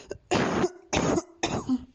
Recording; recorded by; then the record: voluntary cough; messaging app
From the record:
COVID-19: negative